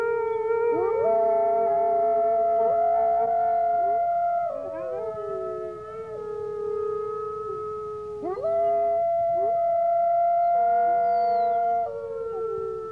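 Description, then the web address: Grey wolf howls, long smooth tones from a few animals, with new howls sliding in steeply near five, eight and eleven seconds. Small pack howling. "wolves howling small pack animal wolf"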